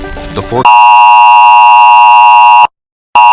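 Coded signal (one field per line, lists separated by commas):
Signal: Emergency Alert System (SAME) tones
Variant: 853 and 960 Hz attention tone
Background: speech, music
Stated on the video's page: Fictional EAS scenario.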